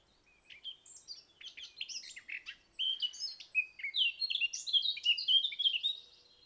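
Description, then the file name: Eurasian blackcap singing, opening with soft, hurried chattering twitters that grow louder and break into a rich, whistled flourish in the final seconds. "Sylvia atricapilla"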